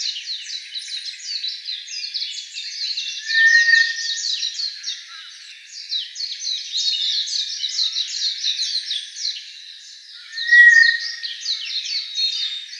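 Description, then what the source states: White's thrush call, a long steady whistled tone repeated twice about seven seconds apart, half buried in a busy background chorus of fast clicking chirps. Recorded 10 April 2013 at 05:37.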